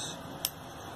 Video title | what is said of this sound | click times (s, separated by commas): 62. Installing DCC in an EMU (Bullet Train) | That snapped into place. Okay. | 0.5 s